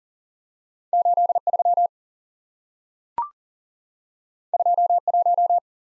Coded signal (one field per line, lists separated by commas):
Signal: Morse code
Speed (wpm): 40 wpm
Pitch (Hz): 700 Hz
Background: none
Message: 8 3 2 1